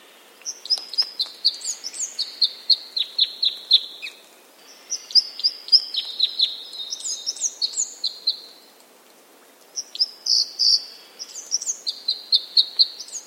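Bird calls: three bursts of high, rapid, descending chirps and twitters, each lasting a few seconds, separated by short pauses.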